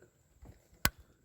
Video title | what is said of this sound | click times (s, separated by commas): Purge Solenoid Valve Replacement 2009 Aveo LS | there we go You Hear The Click | 0.8 s